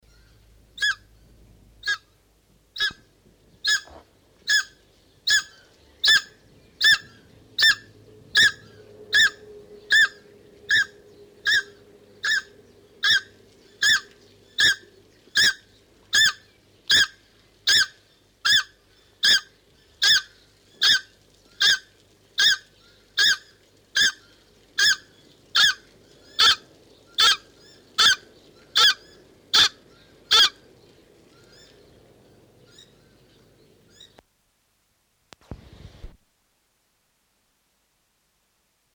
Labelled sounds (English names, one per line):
South Island Takahē